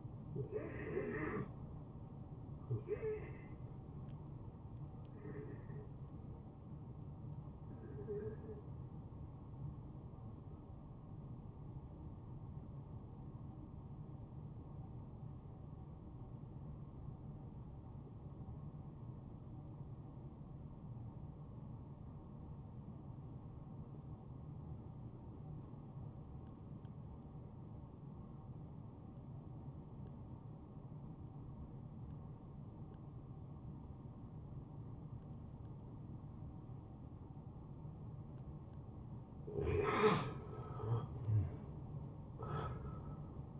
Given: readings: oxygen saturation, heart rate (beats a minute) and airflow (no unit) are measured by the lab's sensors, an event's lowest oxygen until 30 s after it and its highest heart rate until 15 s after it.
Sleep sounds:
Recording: breathing in sleep by a smartphone at the bedside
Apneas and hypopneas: 1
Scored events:
9.00-38.20 s: hypopnea (N2, oxygen 93% highest, then 87% lowest, heart rate 71 at the start, 78 highest)
35.00-43.59 s: new sleep stage, N1 (lightest sleep)
From the record:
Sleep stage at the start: N2 (light sleep)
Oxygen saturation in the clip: 82 to 93%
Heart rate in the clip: 64 to 75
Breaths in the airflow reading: 8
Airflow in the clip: -15.3 to 10.3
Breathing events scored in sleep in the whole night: 263 in 5.5 hours asleep

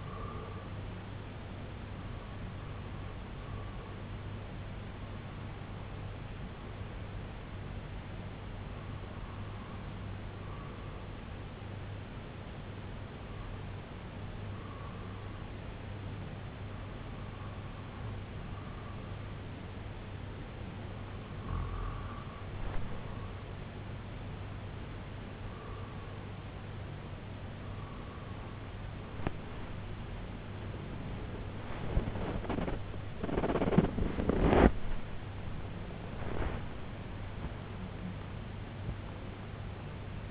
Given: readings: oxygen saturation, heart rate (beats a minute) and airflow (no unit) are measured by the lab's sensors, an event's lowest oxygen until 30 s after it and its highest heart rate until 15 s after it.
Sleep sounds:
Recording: breathing in sleep by a voice recorder at the bedside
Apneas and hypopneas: 1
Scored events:
10.00-32.10 s: hypopnea (REM, oxygen 97% highest, then 95% lowest, heart rate 76 at the start, 95 highest)
24.00-40.31 s: new sleep stage, N1 (lightest sleep)
From the record:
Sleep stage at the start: REM sleep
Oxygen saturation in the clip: 93 to 97%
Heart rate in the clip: 73 to 94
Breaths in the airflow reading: 10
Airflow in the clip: -9.7 to 10.3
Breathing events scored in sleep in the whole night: 258 in 7.4 hours asleep

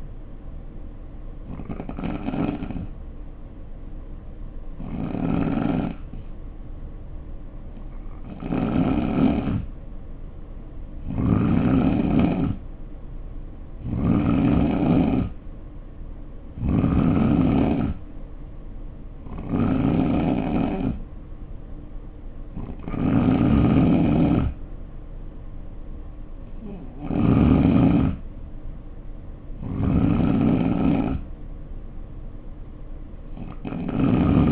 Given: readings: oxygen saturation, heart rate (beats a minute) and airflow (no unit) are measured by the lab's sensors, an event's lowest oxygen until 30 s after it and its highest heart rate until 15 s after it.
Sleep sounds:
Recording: breathing in sleep by a smartphone at the bedside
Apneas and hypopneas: 1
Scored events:
3.00-17.00 s: hypopnea (N3, oxygen 92% highest, then 86% lowest, heart rate 62 at the start, 68 highest)
From the record:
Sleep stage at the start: N3 (deep sleep)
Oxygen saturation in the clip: 86 to 92%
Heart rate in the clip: 60 to 68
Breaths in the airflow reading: 10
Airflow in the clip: -4.8 to 3.9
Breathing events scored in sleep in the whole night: 520 in 7.2 hours asleep

